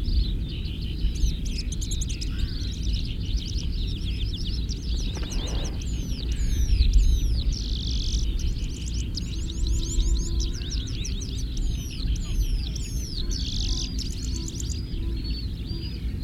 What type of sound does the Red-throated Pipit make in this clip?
song